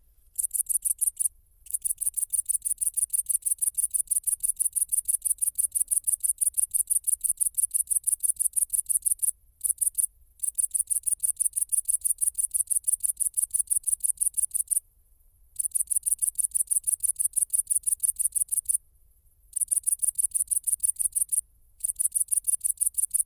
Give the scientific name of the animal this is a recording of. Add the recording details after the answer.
Tettigonia viridissima. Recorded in the wild. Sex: male. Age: imago. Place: Kloster, Insel Hiddensee, Mecklenburg-Vorpommern, DE. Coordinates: 54.5897, 13.1044. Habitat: hedge. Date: 2008-09-09 20:50. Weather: ca. 15°C. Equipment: Sound Devices 702, Sennheiser MKH 70, Windkorb. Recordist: Frommolt, Karl-Heinz. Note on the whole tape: Am Ortsausgang von Kloster Richtung Dornbusch: Gesang einer einzelnen Tettigonia viridissima. Entfernung 50 cm bis 20 cm. Im zweiten Teil der Aufnahme wurde Tier mit Taschenlampe angeleuchtet